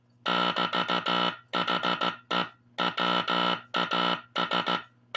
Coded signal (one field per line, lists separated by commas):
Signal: Morse code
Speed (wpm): 15 wpm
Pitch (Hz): 1320 Hz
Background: none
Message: <BT>HE WAS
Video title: Morse Code Breaker - Teleplex Machine And Oscillator Sound.